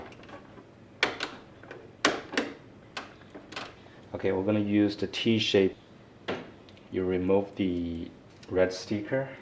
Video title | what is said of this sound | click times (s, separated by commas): How to install CISS with Epson WF3720 WF2850 WF2830 WF2860 Printer? | i'm gonna do push down and push the tab a little bit you hear the clicks okay | 1.0 s, 2.0 s